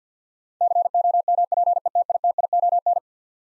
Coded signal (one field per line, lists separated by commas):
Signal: Morse code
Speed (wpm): 50 wpm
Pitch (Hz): 700 Hz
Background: none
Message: COMPETITION